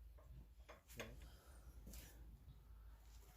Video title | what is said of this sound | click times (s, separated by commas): Timing Tool kit Put to a Test! For Ford Duratec Engine | so the cam lock is not all the way in i'm gonna have to uh turn the | none